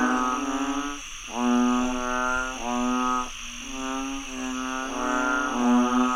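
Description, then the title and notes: Frogs giving long, harmonic, nasal croaks almost back to back, several callers overlapping, with a continuous high-pitched insect drone behind. Frogs croaking after heavy rainfall in Chiang Mai, Thailand. "Frogs croaking after heavy rainfall in Chiang Mai, Thailand. Alex Boyesen"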